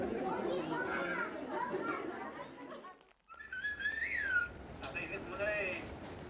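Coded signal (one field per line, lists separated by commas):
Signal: whistled language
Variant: Chinantec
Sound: a spoken sentence, a brief pause, then a rising and falling whistled phrase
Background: speech, background voices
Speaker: this is the same sentence whistled and this is the same sentence spoken oh my goodness so it's as if they're using the same tone structure speaking and whistling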